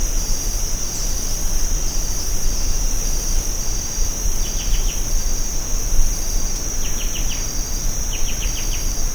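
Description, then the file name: Bird calls in three short bursts of four or five quick high ticking notes, over a steady high insect drone and low rumbling background noise. "SABIOD 50 bird 2015"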